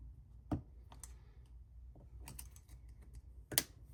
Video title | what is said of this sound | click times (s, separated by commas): Rebuilding my ls3…. AGAIN | Well, that click sounded real good. Yeah, so that wrist pin clip seems to be clipped in there pretty good. | 3.6 s